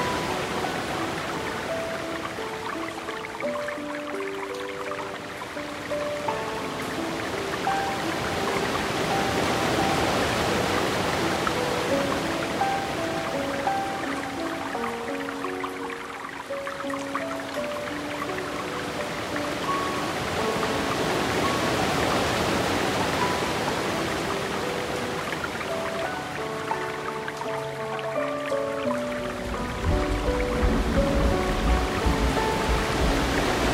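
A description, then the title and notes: Soft piano notes ring out slowly over a steady, dense rush of flowing water and a waterfall that fills the background throughout. The melody moves gently in the middle range, and near the end a deeper rumble of water swells beneath it. Relaxing Piano Music. Soft Water Stream, Waterfall.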